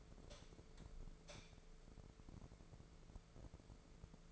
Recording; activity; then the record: daily activity, microphone in the room; light on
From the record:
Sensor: 5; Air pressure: 1014.8 hPa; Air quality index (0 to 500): 167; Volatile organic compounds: 6 ppm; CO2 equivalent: 1837 ppm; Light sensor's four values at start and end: 115/275/118/129 and 108/260/111/121